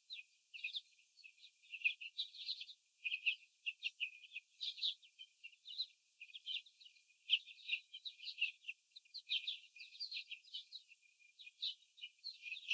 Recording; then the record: young laying hens in a cage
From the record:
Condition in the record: after the stressor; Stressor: sudden umbrella opening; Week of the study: 3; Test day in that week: 2